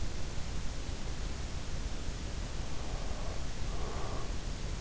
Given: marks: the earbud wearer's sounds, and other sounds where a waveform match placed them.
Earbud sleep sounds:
sounds in sleep by an in-ear microphone; breath
2.70-4.77 s: breath

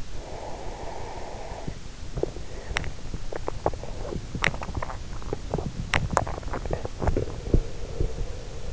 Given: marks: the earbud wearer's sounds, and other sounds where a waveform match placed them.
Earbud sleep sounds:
sounds in sleep by an in-ear microphone; breath, swallowing
0.01-1.88 s: breath
2.06-8.73 s: swallowing

